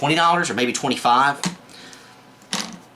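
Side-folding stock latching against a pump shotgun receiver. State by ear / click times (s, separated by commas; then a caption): seated / 2.5 s. Someone talks, then a Butler Creek side-folding buttstock on a Winchester 1200 pump shotgun is folded over against the receiver, with a smaller sound at 1.9 s before a sharp mechanical click at 2.5 s. The stock latches and locks into place.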